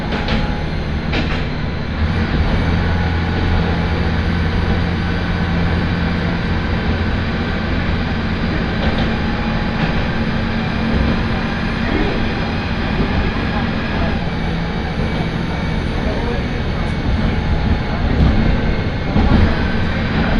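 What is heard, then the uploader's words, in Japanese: Ride on the Tarumi Railway train from Morera Gifu toward Tarumi: a dense, steady engine rumble with low drones and faint, brief murmurs. 樽見鉄道 モレラ岐阜→樽見。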